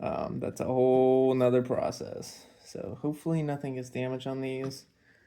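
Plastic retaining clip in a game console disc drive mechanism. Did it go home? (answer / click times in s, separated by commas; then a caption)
no / none. A plastic retaining clip in the disc drive mechanism of a PS5 Slim game console is being handled during a repair of a drive that won't take in discs; the clip is not seated properly. Someone talks throughout, and the clip has not yet seated or clicked by the end.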